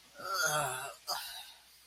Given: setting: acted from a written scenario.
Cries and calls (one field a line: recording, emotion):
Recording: vocal sound without words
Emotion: guilt